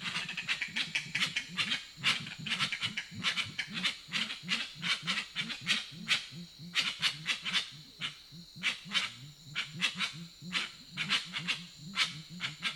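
Grey-winged trumpeter voicing a steady stream of low, throbbing hoots, with dense high crackling bursts and a continuous insect drone.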